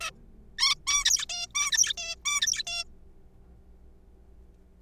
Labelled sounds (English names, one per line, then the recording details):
Zebra Finch
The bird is a juvenile
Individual R3428